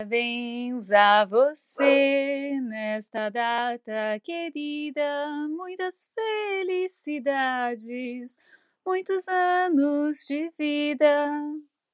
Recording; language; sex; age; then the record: short text; Brazilian Portuguese; female; 50 to 59 years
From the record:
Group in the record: control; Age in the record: 51 years